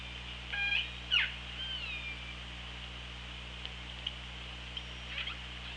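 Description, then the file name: Killer whale calls, a few tonal calls including a gliding whistle, then faint short notes, over steady hiss and low hum. Underwater hydrophone, 24 August 2017, around 15:47. "Orca Lab"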